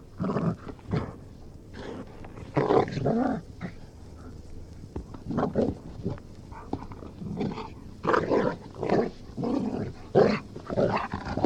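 Golden Retriever growls and snarls in short rough bursts, several clustered toward the end.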